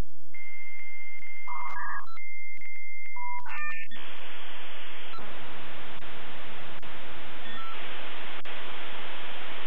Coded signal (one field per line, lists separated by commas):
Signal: dial-up modem handshake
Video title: Наш старый добрий dialup 2k17